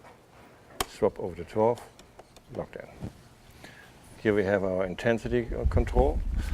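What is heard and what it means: A therapy applicator cable plug for a PEMF8000 Pro "Equine Pulse 2.5" is inserted into the control unit socket with its silver button at 11 o'clock, then turned to 12 o'clock to twist-lock. A sharp, solid click sounds at 0.8 s, and the connector is seated and locked. Someone talks before and after the click.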